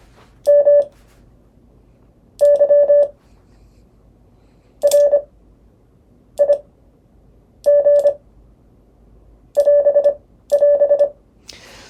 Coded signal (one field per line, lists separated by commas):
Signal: Morse code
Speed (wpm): 25 wpm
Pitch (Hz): 580 Hz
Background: none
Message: MY RIG <AS><AS>